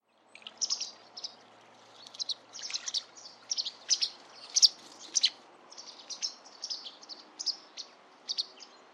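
Bird giving high, sharp chirps in quick irregular bursts over faint low background noise.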